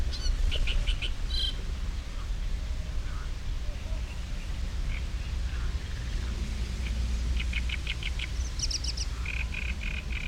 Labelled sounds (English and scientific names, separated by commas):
Common Nightingale (Luscinia megarhynchos)